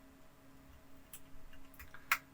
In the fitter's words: so using the locator pins on there to get it and snap in place